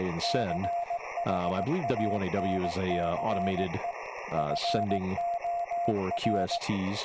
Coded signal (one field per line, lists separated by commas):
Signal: Morse code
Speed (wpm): 18 wpm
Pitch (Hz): 690 Hz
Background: speech, radio noise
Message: CHANCE FOR